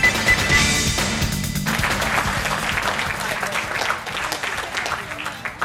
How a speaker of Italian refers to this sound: È un applauso di incoraggiamento quello che saluta l'annuncio, la conferma, il volo di STS 134 è dunque rimandato di almeno 48 ore.